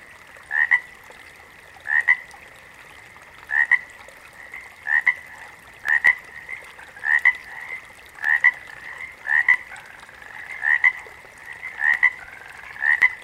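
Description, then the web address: Water frog calling in a steady series, short two-part croaks repeated roughly every one to one and a half seconds, with a constant faint hum behind. "Echoes Of Nature Animal sounds - Water Frogs"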